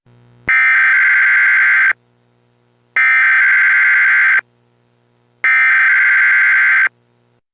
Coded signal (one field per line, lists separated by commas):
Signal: Emergency Alert System (SAME) tones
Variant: header bursts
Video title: Weeklies to Welcome 11K (EAS #10997-11004) 5/17/23